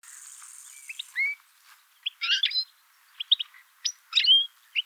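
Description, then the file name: European goldfinch calls: short tinkling chirps and a few sliding notes in scattered groups, with a steady high hiss at the start. "Carduelis carduelis"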